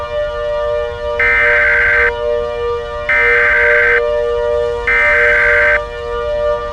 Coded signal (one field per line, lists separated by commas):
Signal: Emergency Alert System (SAME) tones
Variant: header bursts